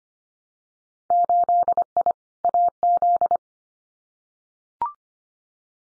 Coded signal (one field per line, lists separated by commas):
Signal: Morse code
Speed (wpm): 25 wpm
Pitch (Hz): 700 Hz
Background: none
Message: 8I AZ